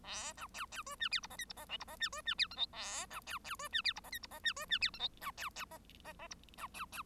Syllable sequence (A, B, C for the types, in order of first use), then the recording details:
A B C C D E F G H I G H J G H E D E F K L A B C C D E F G H I G H E D E F K L B C C H H H G B C C. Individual Bird1